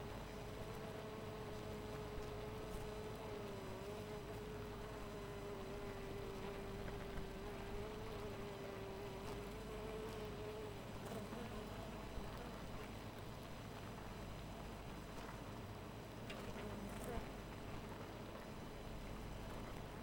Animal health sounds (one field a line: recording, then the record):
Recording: honeybee colony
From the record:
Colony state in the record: missing queen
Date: 14 July 2017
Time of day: 4:26